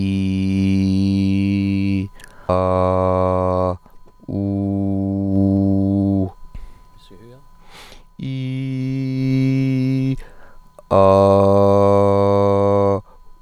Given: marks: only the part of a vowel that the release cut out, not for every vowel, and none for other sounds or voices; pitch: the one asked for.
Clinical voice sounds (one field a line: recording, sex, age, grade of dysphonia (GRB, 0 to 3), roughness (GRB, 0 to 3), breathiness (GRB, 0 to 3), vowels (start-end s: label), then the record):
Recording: sustained vowels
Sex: male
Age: 40 to 49 years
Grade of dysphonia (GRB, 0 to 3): 0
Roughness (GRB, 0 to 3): 0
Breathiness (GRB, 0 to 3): 0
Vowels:
0.00-1.93 s: vowel /i/, normal pitch
2.56-3.62 s: vowel /a/, normal pitch
4.40-6.13 s: vowel /u/, normal pitch
8.34-10.03 s: vowel /i/, high pitch
11.09-12.89 s: vowel /a/, high pitch
From the record:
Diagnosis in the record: healthy voice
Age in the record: 43 years